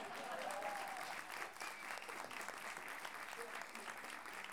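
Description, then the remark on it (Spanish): A crowd applauds steadily for several seconds, a dense, even wash of clapping hands that stays loud throughout with no talk over it. “Si me dan un aplauso, por favor.”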